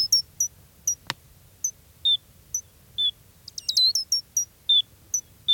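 Gray's lark calls: short, very high piping notes scattered irregularly, some higher and some slightly lower, with one sharp click early on and faint low background hum.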